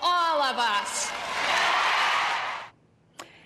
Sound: cheering and applause